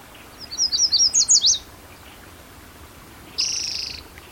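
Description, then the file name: Spotted Towhee giving one dry buzzy trill, after a quick bright run of sweet notes from a yellow warbler. Singing male, probably a floater that moved in, Blacks Creek, Elmore County, Idaho, 16 June 2010; a yellow warbler also singing. "Cicero 16 Jun 2010 Pmaculatus"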